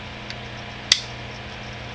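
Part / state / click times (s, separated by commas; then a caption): pistol hammer into full-cock sear notch / seated / 0.9 s. The hammer of a WE 1911 Tactical replica pistol is pulled back against a steady low background hum, with a faint tick at 0.3 s. At 0.9 s it gives a sharp, bright click as it seats into the full-cock sear notch, fully engaged rather than at half-cock.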